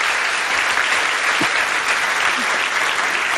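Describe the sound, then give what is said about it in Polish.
Steady, dense applause from an audience for Marcin, maestro of a jazz band playing prewar Polish songs, a continuous crackling wash of many hands clapping at an even loudness throughout, with no voices standing out. “Brawa tutaj poprosimy dla Marcina.”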